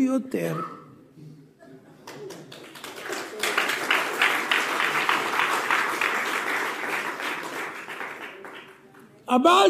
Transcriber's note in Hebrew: מחיאות כפיים